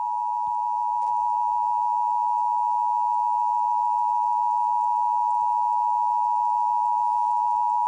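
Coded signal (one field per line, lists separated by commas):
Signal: Emergency Alert System (SAME) tones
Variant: 853 and 960 Hz attention tone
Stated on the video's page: Fictional EAS scenario.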